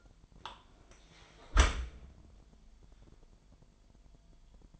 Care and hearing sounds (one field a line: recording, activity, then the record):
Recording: daily activity, microphone in the room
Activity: close dishwasher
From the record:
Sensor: 5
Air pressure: 998.3 hPa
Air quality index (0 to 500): 84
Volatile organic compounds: 1 ppm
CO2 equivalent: 961 ppm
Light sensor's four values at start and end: 20/47/20/22 and 20/47/20/22